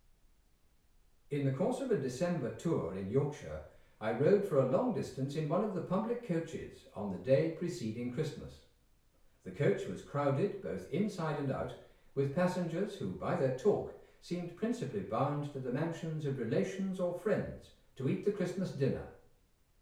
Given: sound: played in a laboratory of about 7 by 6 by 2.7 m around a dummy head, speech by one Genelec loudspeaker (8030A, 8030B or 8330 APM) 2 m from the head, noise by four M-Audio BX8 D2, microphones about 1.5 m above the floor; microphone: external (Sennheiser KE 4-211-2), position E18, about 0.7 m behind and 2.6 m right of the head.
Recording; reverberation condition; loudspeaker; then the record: male speech in English; medium; 120 degrees to the left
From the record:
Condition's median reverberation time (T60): about 510 ms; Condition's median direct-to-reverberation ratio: about -0.5 dB